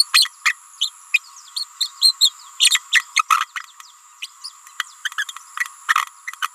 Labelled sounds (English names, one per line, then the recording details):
Green-rumped Parrotlet babbling
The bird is a female
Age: 28 days
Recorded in a nest box in Venezuela
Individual 17B31A3